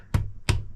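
During a rebuild of an IB5+ LSD manual gearbox from an MK6 Ford Fiesta ST150, small synchro keys or springs are pressed into the gearbox synchro hub. A sharp snap is heard at 0.1 s, then a louder, crisper snap at 0.5 s as the part pops into place. The synchro part is seated.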